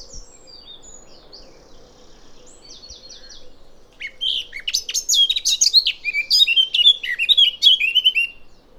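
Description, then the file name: Eurasian blackcap song: after some faint high notes, a loud, fast warble of whistled and chattering phrases fills the second half. "Sylvia atricapilla"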